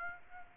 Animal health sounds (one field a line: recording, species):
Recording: mosquito wingbeat signal from an infrared sensor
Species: Aedes aegypti